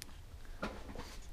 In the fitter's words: and it clicks into place